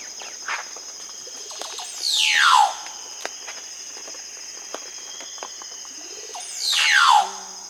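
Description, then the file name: Casqued oropendola calls, two loud descending liquid swoops about four and a half seconds apart, against a constant high-pitched insect hum. Recorded in the Amazon, Peru. "Casqued Oropendola (Psarocolius oseryi), Peru"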